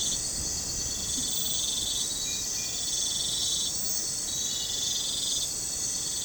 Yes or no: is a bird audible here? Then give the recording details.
no. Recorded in pastures near Puerto Asís, Putumayo, Colombia, on 26 December 2024 at 03:30. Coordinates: 0.466, -76.322. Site G040